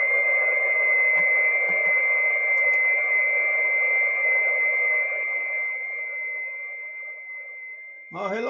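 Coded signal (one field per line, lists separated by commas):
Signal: FT8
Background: speech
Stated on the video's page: FT8 on 6 meters during a band opening, heard on a live stream.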